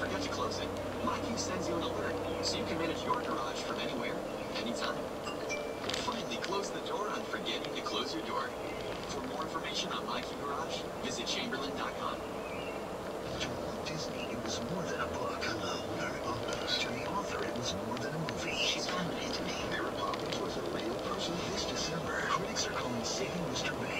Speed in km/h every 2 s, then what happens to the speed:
63, 63, 60, 58, 56, 58, 60, 61, 61, 60, 60, 60.
0-7 slows to 56. 7-24 steady at about 60.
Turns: none.